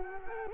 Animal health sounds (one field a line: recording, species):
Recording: mosquito wingbeat signal from an infrared sensor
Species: Culex quinquefasciatus